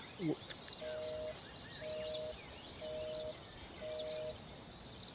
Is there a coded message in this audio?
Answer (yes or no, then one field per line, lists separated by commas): no